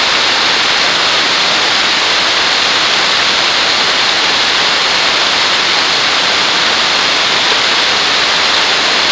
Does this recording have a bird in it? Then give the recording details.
no. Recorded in dense forest near Puerto Asís, Putumayo, Colombia, on 24 June 2025 at 13:30. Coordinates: 0.499, -76.324. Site G100